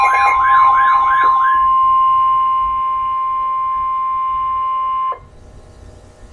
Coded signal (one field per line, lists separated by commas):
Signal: Emergency Alert System (SAME) tones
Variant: 1050 Hz attention tone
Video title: Severe Thunderstorm Warning - EAS #606